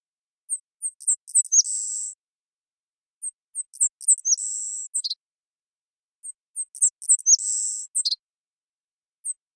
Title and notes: Savannah Sparrow Passerculus sandwichensis, collected song variants